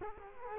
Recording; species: mosquito wingbeat signal from an infrared sensor; Culex quinquefasciatus